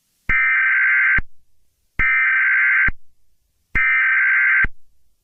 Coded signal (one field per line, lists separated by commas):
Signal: Emergency Alert System (SAME) tones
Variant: header bursts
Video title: EAS Scenario 3 | Garten of BanBan Chapter 2: The surface of the Abyss